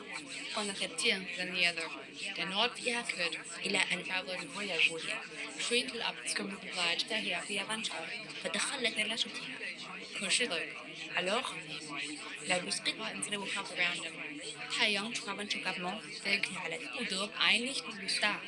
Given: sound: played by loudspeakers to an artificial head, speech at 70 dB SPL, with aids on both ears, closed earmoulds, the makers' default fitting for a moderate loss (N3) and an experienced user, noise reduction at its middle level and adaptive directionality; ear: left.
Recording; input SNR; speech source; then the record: speech test signal (ISTS) in cocktail-party noise; -3 dB; in front (0 degrees)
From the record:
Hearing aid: class 2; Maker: I